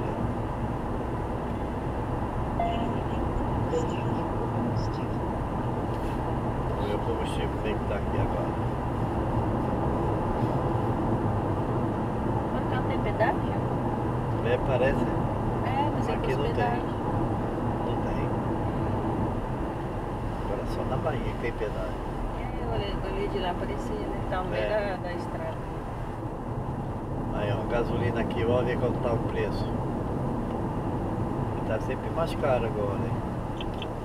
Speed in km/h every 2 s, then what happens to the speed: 98, 98, 99, 100, 100, 99, 98, 96, 95, 94, 91, 89, 86, 82, 82, 81, 78.
0-9 steady at about 99. 9-34 slows to 78.